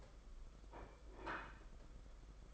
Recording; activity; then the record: daily activity, microphone in the room; place plate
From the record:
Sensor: 5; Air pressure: 992.0 hPa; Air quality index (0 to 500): 165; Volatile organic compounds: 395 ppm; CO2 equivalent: 4663 ppm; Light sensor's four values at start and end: 31/106/39/42 and 31/106/39/42